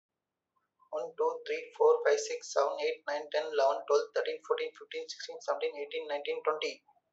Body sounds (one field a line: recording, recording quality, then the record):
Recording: counting at a fast pace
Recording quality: excellent, no background noise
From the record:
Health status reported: healthy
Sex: male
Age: 30 years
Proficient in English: yes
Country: India